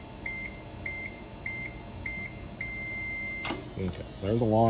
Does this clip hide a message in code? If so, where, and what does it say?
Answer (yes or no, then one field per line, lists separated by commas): no